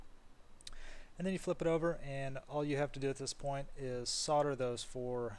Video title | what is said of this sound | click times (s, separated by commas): How To Repair Chevy / GM Silverado Speedometer, Replacing Stepper Motor for Gauge Cluster fix. | and it just snaps back in just the reverse of the way the old one came out just slides right into the circuit board | 0.7 s